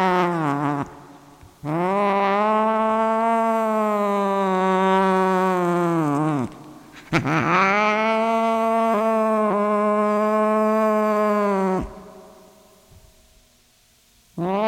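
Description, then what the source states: Cat letting out two long, sustained yowls of about five seconds each, separated by a short break, with a third starting at the very end. Cat named Sunshine.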